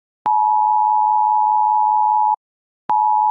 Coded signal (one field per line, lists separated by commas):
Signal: Emergency Alert System (SAME) tones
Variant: 853 and 960 Hz attention tone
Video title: Origin of USA EAS alarm attention tone